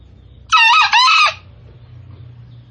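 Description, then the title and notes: Green junglefowl crow: a short, raspy two-syllable call, the second half sliding downward, set against a steady low hum. Lure (pemikat) recording for junglefowl, described as real sound. "Panggilan Ayam Hutan. Master Suara Ayam Hutan Hijau Real Sound Green Jungle Fowl. Pemikat Ayam Hutan"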